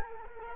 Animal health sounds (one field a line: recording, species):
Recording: mosquito wingbeat signal from an infrared sensor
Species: Culex quinquefasciatus